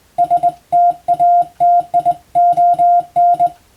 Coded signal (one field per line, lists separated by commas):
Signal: Morse code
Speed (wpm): 21 wpm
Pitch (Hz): 700 Hz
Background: music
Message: STATION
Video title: 【Radio operator morse practice】This is a Morse code practice video. There is a morse exam in japan.